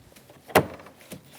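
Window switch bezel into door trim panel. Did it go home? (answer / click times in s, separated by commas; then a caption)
yes / 0.6 s. A window switch bezel on a 2001-2006 Chevrolet Silverado 2500 HD is pressed down into the door trim panel until its plastic snap clips lock. A sharp click at 0.6 s marks the clips seating, followed by faint ticks and a lighter tap near 1.1 s. The bezel is locked in place.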